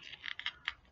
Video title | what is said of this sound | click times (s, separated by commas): IFR training glasses with tilting / interchangeable lenses | inside and clicks into place like this okay and there you go | 0.7 s